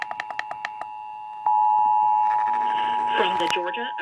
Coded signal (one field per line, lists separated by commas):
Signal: Emergency Alert System (SAME) tones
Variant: 853 and 960 Hz attention tone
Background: speech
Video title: Georgia Monthly's (EAS #476 - #480)